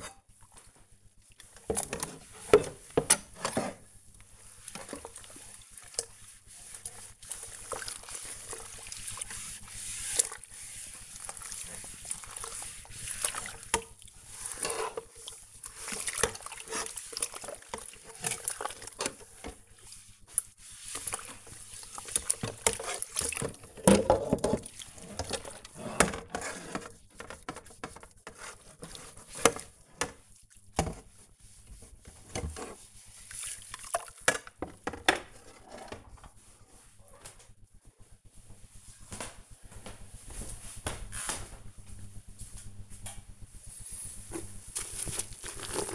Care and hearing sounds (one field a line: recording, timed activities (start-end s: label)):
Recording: household activities, microphone on the right wrist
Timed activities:
0.00-34.93 s: washing dishes
42.96-45.95 s: floor cleaning